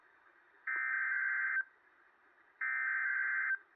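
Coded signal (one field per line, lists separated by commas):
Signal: Emergency Alert System (SAME) tones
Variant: header bursts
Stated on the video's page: Simulated EAS scenario recreating the 1935 Black Sunday dust storm, using valid EAS tones.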